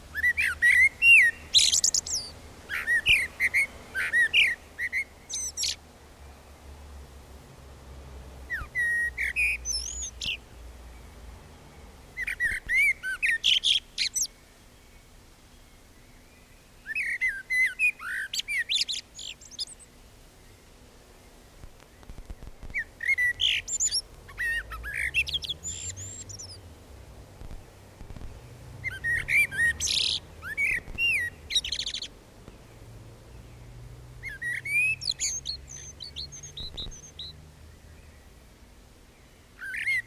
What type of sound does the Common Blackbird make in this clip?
song